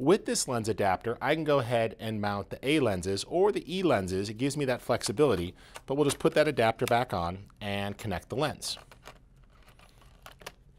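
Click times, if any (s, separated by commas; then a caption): 10.5 s. Someone talks while putting a lens mount adapter back onto the bayonet mount of a Sony NEX-VG900 camcorder; the adapter lets either A or E lenses be mounted. After the talking stops, a few faint handling clicks follow. The adapter is twisted until it locks into place, with the lock click at 10.5 seconds.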